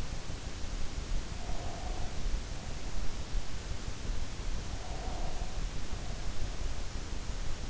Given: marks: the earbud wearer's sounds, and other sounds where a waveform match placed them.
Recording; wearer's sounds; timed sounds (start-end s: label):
sounds in sleep by an in-ear microphone; breath
1.20-2.40 s: breath
4.58-5.91 s: breath